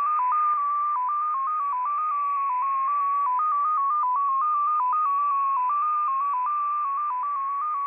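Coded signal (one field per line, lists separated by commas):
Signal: multi-tone FSK (Olivia or MFSK type)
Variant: XPA2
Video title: XPA2 Data Mode 21/06/2023 0930 UTC 15812kHz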